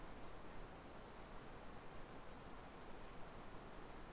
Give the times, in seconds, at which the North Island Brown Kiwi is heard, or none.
none